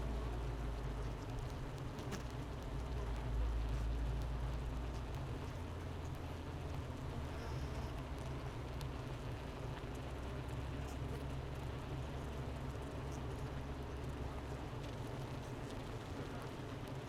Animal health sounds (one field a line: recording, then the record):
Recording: honeybee colony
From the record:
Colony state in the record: missing queen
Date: 31 May 2018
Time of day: 10:19